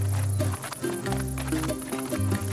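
Horse hooves clip-clop in a quick, steady rhythm as the horse is ridden by two riders sharing it, with sustained low tones humming underneath throughout.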